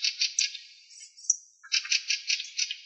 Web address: Turdus pilaris